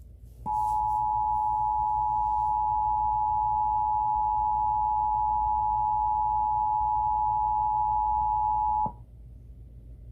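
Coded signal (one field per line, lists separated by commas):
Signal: Emergency Alert System (SAME) tones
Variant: 853 and 960 Hz attention tone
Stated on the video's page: Emergency Alert System test received on Verizon Fios cable television.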